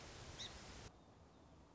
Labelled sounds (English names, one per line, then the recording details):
Song Sparrow
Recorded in Sonoma County, California